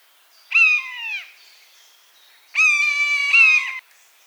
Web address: animal-sound buzzard-sound